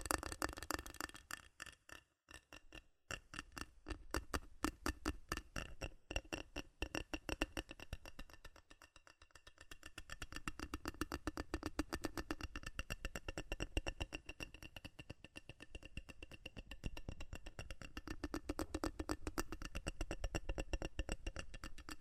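Fast, dense metal tapping clicks in rapid bursts, slowing around 2–3 seconds, pausing near 9 seconds, then resuming quick and steady.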